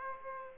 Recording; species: mosquito wingbeat signal from an infrared sensor; Aedes aegypti